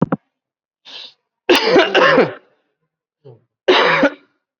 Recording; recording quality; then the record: heavy voluntary cough; excellent, no background noise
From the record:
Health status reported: COVID-19 positive, moderate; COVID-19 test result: positive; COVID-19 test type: RT-PCR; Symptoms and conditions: cough, cold, breathing difficulty, fatigue, muscle pain, diabetes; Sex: male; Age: 53 years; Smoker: no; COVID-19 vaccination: one dose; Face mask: worn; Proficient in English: no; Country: India